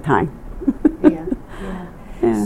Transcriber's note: laughing